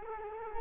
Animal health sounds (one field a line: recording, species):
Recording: mosquito wingbeat signal from an infrared sensor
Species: Culex quinquefasciatus